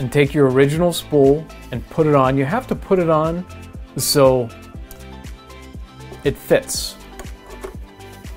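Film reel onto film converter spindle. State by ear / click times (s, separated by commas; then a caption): not seated / none. Someone talks while an original plastic film spool is pushed onto the reel spindle of a Wolverine MovieMaker Pro 8mm & Super 8 Digital Converter, with the notches lined up so it can lock in place and turn. Brief sharp handling ticks are heard at about 4.9 s and 7.2 s. The clip ends before the spool goes home, so nothing has seated or clicked yet.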